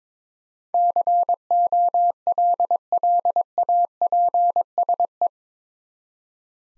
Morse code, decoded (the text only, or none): COLLAPSE